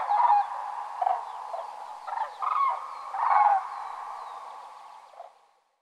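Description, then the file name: Common crane calls, rolling bugles in several swelling bursts over a steady background that fades out near the end. Spring migration in Finland; arriving breeding pairs of cranes. "kurki hannes tiira"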